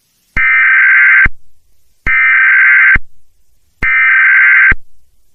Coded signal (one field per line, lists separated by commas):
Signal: Emergency Alert System (SAME) tones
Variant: header bursts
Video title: Creepy recording from my tv!!1!!1 - EAS short